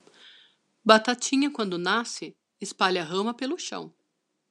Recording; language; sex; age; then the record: short text; Brazilian Portuguese; female; 40 to 49 years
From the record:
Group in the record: control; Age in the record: 44 years